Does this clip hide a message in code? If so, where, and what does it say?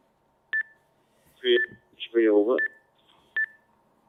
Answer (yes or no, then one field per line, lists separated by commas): no